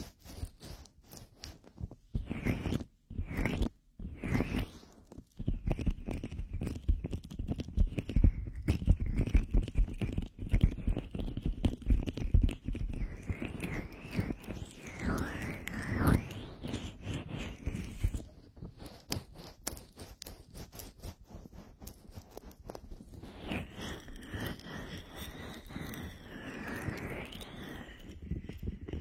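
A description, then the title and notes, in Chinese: An ear massage with oil: dense, crackly, squelching rubbing with brief pauses early on, easing after eighteen seconds, when a soft whistling tone glides. 耳部精油舒压按摩。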